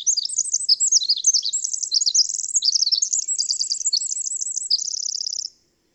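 Bird song, a fast run of high sharp chirps and warbles, closing with a steady rattling trill, then silence.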